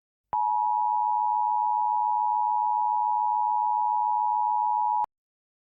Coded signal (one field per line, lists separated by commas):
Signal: Emergency Alert System (SAME) tones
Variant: 853 and 960 Hz attention tone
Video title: EAS Scenario - "The Electrical Virus"